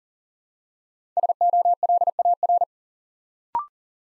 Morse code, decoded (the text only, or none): SOLAR